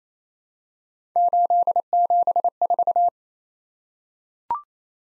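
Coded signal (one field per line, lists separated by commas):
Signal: Morse code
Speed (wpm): 28 wpm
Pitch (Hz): 700 Hz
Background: none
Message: 874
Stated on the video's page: Morse head-copy drill of random three-character letter-number combinations at 28 wpm, each sent, spoken, then sent again.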